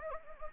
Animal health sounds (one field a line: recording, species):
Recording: mosquito wingbeat signal from an infrared sensor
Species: Anopheles gambiae